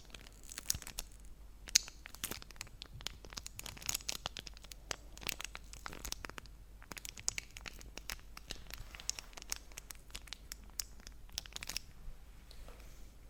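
Chocolate wrappers are crinkled and rustled in dense, irregular bursts of bright crackles, with sharper snaps near two and seven seconds throughout.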